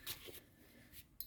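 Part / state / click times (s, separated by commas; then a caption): circlip retaining the oil seal in a motorcycle fork tube / not seated / none. A metal circlip is handled and pressed toward its groove above a new oil seal in a motorcycle fork tube. Short scratchy metallic scrapes and light handling noises sit over a low background, with a couple of sharp, bright ticks right at the end. Nothing has seated or clicked yet; the circlip is not home.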